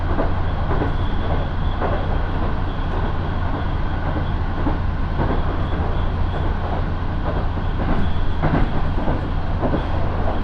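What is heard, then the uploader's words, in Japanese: A local train rolls along from inside the carriage, with a steady, dense low rumble and a constant deep motor hum. Sharp rail-joint clicks come through every second or two, and the running noise swells slightly near the end. 耳で楽しむ鉄道旅 身延線普通 身延→市川大門。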